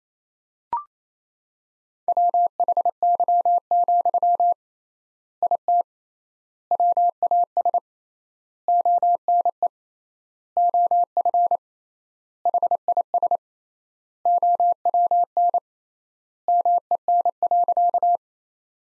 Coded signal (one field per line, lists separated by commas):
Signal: Morse code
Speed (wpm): 28 wpm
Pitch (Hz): 700 Hz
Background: none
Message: WHY, IT WAS ONE OF HIS OWN MEN.